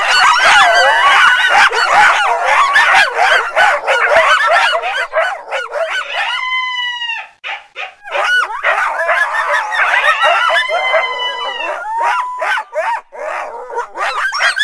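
Fox giving a rapid jumble of harsh yips and yelps, broken by a long, clear, drawn-out whine midway, then more yapping.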